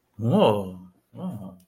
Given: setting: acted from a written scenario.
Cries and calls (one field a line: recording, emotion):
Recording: vocal sound without words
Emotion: awe